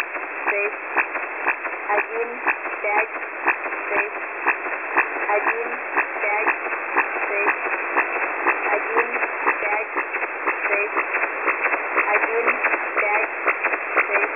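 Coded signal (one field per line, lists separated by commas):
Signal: numbers station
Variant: S06s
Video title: 2 nachrichten vom ukrainischen Agentensender S06s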